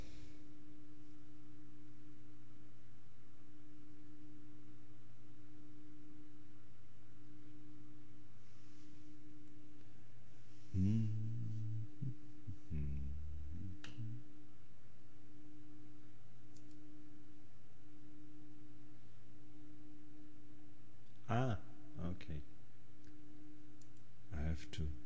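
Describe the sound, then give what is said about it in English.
Short bursts of keyboard typing, a few scattered clicks around the middle and another quick cluster near the end, over a steady low electrical hum. “Typing, yes, you're typing.”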